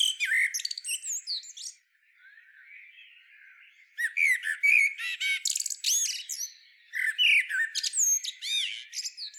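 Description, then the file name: Common blackbird producing bursts of squeaky chatter and slurred whistled notes, with a quieter gap before a busy run of varied squeaks. "Turdus merula"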